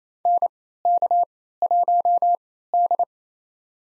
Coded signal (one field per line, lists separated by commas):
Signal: Morse code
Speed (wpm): 28 wpm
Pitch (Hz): 700 Hz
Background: none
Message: NK1D